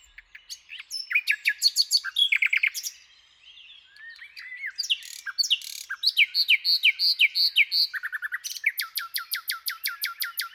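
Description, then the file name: Common nightingale singing a series of varied phrases: quick chattering notes, a brief pause, then rich repeated notes and a steady rapid trill at the end. "Luscinia megarhynchos"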